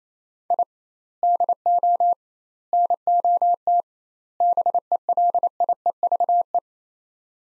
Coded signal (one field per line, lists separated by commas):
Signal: Morse code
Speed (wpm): 28 wpm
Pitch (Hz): 700 Hz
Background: none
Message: I DO NOT BELIEVE